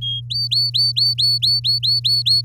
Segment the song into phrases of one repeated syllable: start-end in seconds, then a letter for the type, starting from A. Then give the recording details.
0.01-0.20 A, 0.30-2.41 B. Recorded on 10 May 2018 at 06:08. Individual llb16